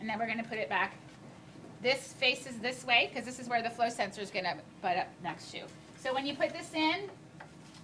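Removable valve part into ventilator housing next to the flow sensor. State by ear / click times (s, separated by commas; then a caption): seated / 7.4 s. A woman talks while putting a removable part, likely the expiratory valve housing, back into a Dräger EvitaXL ventilator, facing it so it sits up against the flow sensor. At 7.4 s a short, sharp click is heard as the part is pushed in and seats into place.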